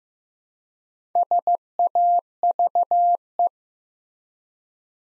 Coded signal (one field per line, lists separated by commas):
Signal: Morse code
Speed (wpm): 15 wpm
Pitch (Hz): 700 Hz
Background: none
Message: SAVE